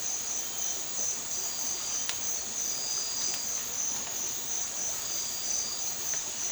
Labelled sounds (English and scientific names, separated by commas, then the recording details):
none
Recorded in dense forest near Puerto Asís, Putumayo, Colombia, on 20 December 2024 at 03:30
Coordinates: 0.467, -76.328
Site GP05